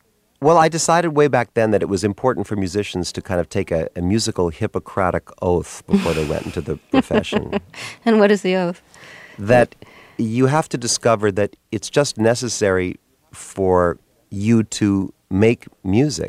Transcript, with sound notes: Well, I decided way back then that it was important for musicians to kind of take a musical Hippocratic oath before they went into the profession.
(Laughter) And what is the oath?
That you have to discover that it's just necessary for you to make music.